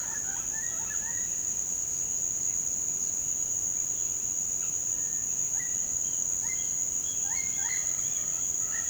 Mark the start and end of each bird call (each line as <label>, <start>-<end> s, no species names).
bird call, 0.00-1.28 s
bird call, 4.88-5.26 s
bird call, 5.54-7.88 s